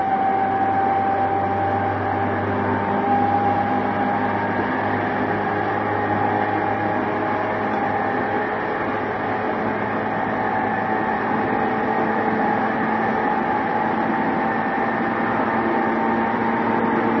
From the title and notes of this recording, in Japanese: JRE233系 横浜ー小田原。ICレコダーで録音しています。乗車の列車は小田原行の列車です。JRE233系3000番台〜。